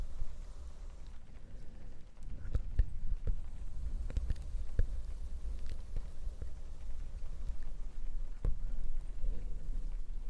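Steady rain fills the clip with a dense low rumble and soft hiss. Sharp clicks and taps break through irregularly, clustering around two to five seconds and again near eight and a half, with a muffled rustling like brushing over the mic.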